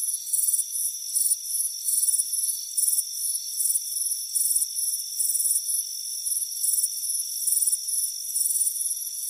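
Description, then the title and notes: Crickets give rapid, shrill chirps close to twice a second, layered over an unbroken high buzzing background drone. Crickets chirping on a warm afternoon by a front porch. "Soothing Crickets Chirping Sound. It's a warm afternoon as you relax in a hammock on the front porch. Relax and fall asleep to the soothing sound of chirping crickets. Deep Sleep Sounds"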